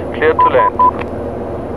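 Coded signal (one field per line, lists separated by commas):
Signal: none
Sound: flight sim cockpit beep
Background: speech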